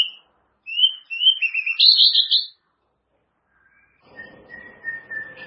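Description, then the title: White-rumped shama: bird song of short bright whistles rising into a busy warbled burst, then quiet and a thin steady tone over faint low hum. "murai batu"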